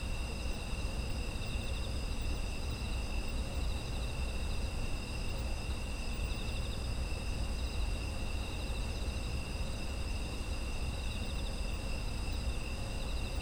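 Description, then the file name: Continuous insect chorus of overlapping high trills held evenly throughout, over a steady low-frequency rumble. Autumn insects; ambient environmental sound offered as background audio. "秋の虫の環境音"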